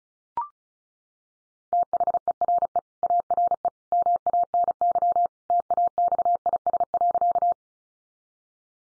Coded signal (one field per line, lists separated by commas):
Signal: Morse code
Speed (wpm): 34 wpm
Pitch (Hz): 700 Hz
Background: none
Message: THERE ARE MANY TAXIS.